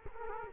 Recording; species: mosquito wingbeat signal from an infrared sensor; Culex quinquefasciatus